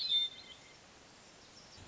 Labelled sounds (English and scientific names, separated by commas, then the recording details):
Hermit Thrush (Catharus guttatus)
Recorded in Sonoma County, California